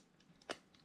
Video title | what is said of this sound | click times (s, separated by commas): Traxxas T-Maxx 4 Ever - NITRO Monster Truck 2-Speed Greatness Since 1999 - Engine Seized, WHY? | Yep, there we go. Popped into place. | 0.5 s